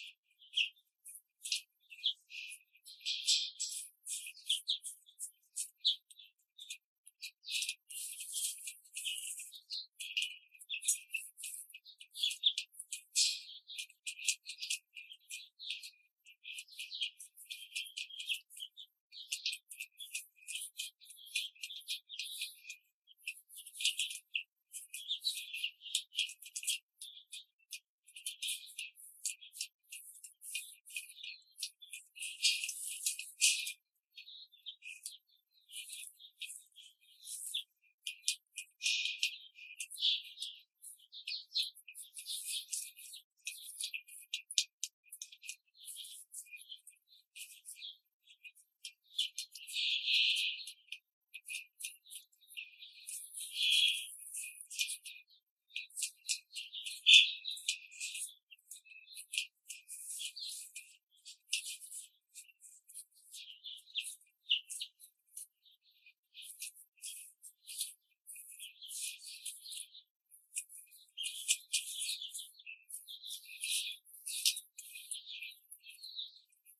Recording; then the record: young laying hens in a cage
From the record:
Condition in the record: control cage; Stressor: none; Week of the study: 5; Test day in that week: 1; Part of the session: 2